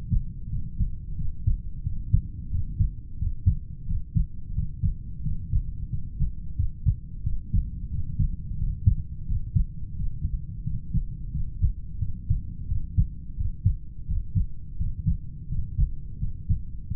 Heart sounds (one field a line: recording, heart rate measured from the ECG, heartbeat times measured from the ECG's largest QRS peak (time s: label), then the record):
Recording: heart sounds by stethoscope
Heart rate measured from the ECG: 88 bpm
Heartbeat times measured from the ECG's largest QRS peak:
0.48 s: heartbeat
1.15 s: heartbeat
1.82 s: heartbeat
2.49 s: heartbeat
3.17 s: heartbeat
3.86 s: heartbeat
4.53 s: heartbeat
5.21 s: heartbeat
5.88 s: heartbeat
6.55 s: heartbeat
7.22 s: heartbeat
7.89 s: heartbeat
8.57 s: heartbeat
9.25 s: heartbeat
10.00 s: heartbeat
10.63 s: heartbeat
11.30 s: heartbeat
11.98 s: heartbeat
12.66 s: heartbeat
13.35 s: heartbeat
14.06 s: heartbeat
14.76 s: heartbeat
15.47 s: heartbeat
16.17 s: heartbeat
16.87 s: heartbeat
From the record:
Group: heart failure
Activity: rest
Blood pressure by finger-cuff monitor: 77/50 mmHg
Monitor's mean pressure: 57 mmHg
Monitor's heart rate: 87 bpm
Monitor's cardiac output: 7.1 L/min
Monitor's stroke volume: 81 mL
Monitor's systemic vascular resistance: 560 dyn s/cm5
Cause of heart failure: idiopathic cardiomyopathy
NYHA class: 2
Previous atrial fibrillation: present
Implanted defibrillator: present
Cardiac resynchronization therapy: present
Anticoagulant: warfarin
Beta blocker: metoprolol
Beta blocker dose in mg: 50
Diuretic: furosemide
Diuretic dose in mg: 40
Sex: male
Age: 62 years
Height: 184 cm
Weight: 101 kg